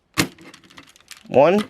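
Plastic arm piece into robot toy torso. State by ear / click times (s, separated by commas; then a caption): seated / 0.2 s. The first plastic arm piece of a combining robot toy is slid into the toy's body with its spikes facing the opposite direction, and it snaps in with a loud, sharp click at 0.2 s. The arm piece is seated, and someone talks after the click.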